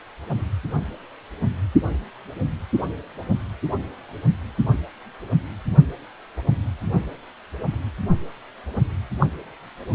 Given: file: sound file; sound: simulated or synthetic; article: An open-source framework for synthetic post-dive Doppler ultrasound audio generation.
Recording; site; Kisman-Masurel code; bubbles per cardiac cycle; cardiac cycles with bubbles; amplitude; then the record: Doppler ultrasound audio after a dive; precordial; 122; 1–2; 10–50%; moderate amplitude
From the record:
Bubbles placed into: partial cardiac cycles